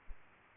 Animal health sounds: mosquito wingbeat signal from an infrared sensor; Aedes aegypti

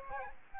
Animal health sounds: mosquito wingbeat signal from an infrared sensor; Aedes albopictus

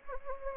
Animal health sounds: mosquito wingbeat signal from an infrared sensor; Anopheles gambiae

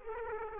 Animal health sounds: mosquito wingbeat signal from an infrared sensor; Aedes aegypti

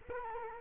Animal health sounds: mosquito wingbeat signal from an infrared sensor; Culex quinquefasciatus

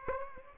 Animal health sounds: mosquito wingbeat signal from an infrared sensor; Aedes aegypti

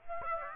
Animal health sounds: mosquito wingbeat signal from an infrared sensor; Aedes aegypti

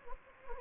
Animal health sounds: mosquito wingbeat signal from an infrared sensor; Anopheles gambiae

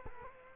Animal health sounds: mosquito wingbeat signal from an infrared sensor; Culex quinquefasciatus

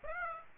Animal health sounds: mosquito wingbeat signal from an infrared sensor; Aedes aegypti

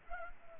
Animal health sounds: mosquito wingbeat signal from an infrared sensor; Culex pipiens

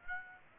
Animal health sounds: mosquito wingbeat signal from an infrared sensor; Aedes aegypti

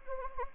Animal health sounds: mosquito wingbeat signal from an infrared sensor; Anopheles gambiae

